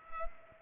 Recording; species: mosquito wingbeat signal from an infrared sensor; Culex pipiens